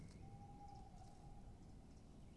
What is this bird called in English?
Tawny Owl